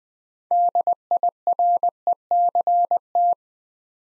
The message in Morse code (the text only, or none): DIRECT